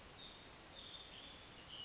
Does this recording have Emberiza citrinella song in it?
no